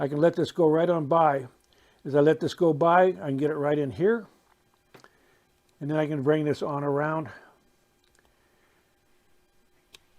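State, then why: Seated. Lead H-came is bent by hand around the curved edge of a glass piece and pressed until its lip snaps over the glass. Someone talks through most of the clip, with faint soft ticks from handling in the pauses. A single sharp click at 10.0 s marks the came seating onto the glass edge.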